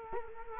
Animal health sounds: mosquito wingbeat signal from an infrared sensor; Culex quinquefasciatus

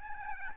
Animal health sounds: mosquito wingbeat signal from an infrared sensor; Aedes albopictus

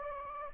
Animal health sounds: mosquito wingbeat signal from an infrared sensor; Anopheles gambiae

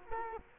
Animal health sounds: mosquito wingbeat signal from an infrared sensor; Culex quinquefasciatus

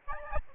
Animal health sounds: mosquito wingbeat signal from an infrared sensor; Aedes albopictus

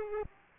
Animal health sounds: mosquito wingbeat signal from an infrared sensor; Aedes aegypti

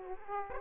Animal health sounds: mosquito wingbeat signal from an infrared sensor; Aedes aegypti

